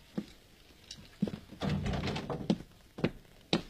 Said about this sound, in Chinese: 开门，开门，开门， 开门！ 把门打开，开门！